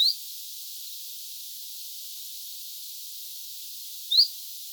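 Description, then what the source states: Common chiffchaff call notes: two brief, high, rising whistles about four seconds apart against a steady background hiss. Two chiffchaffs, 6 September 2025.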